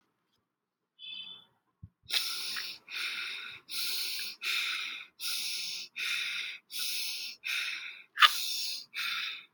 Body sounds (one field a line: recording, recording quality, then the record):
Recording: shallow breathing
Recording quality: excellent, no background noise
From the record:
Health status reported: healthy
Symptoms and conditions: none ticked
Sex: female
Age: 20 years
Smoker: not ticked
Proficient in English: yes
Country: India